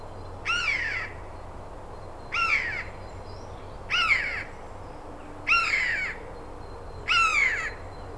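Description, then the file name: Eurasian jay giving five harsh, rasping screeches, each about half a second long, repeated roughly every one and a half seconds over steady low background hum. "Garrulus glandarius"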